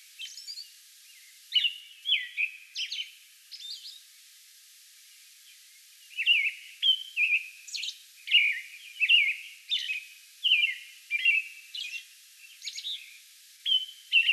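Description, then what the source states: American robin song in two bursts: a few warbled phrases, a pause of about two seconds, then a fast continuous series of whistled carols with high squeaky notes. Song bout recorded May 11.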